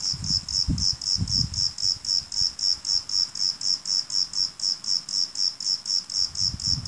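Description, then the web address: Insect calling: a steady series of short high pulses, about four per second, throughout, with low rumbling noise at times. "Insect Set 459"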